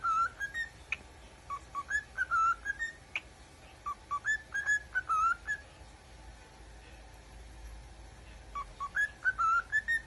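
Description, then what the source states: Cockatiel whistling: clear notes between rising and falling pitch, delivered in short phrases separated by pauses, over a soft steady background hiss. More than one cockatiel, singing and whistling.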